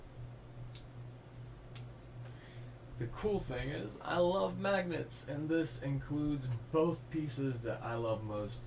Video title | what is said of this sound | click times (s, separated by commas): TechwareLabs Rowkin Bit Bluetooth Headset Review: Worlds Smallest Bluetooth Headset | One of the cool things right off the bat that you will see is that these are magnetic, and it makes really nice little clicks every time you put them together. | 0.8 s